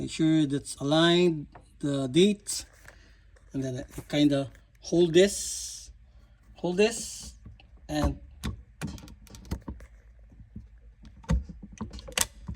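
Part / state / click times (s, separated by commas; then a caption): water filter cartridge into filter housing head / seated / 12.2 s. Someone talks while aligning a plastic filter cartridge and pushing it up into the filter housing head of a Watts Premier Filter-Pure UF3 water filtration system from Costco Canada, with a few small taps and handling clicks along the way. A sharp click at 12.2 s marks the cartridge snapping home, and it is confirmed seated.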